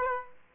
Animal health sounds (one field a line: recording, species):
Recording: mosquito wingbeat signal from an infrared sensor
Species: Aedes aegypti